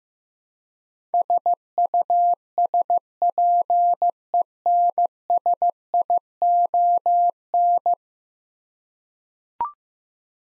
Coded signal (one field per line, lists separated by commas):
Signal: Morse code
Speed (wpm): 15 wpm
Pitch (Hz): 700 Hz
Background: none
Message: SUSPENSION